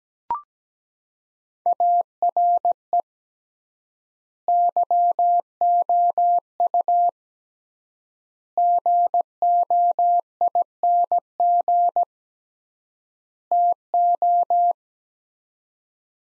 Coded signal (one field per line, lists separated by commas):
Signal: Morse code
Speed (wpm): 17 wpm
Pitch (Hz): 700 Hz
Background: none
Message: ARE YOU GOING TO